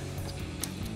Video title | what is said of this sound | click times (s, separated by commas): 2019-2022 Sierra 6.2L S&B Cold Air Intake with Dry Extendable Filter Review & Install | We're gonna make this connection, and hear a solid click, and then we're gonna push on the red tab to solidify that connection. | 0.6 s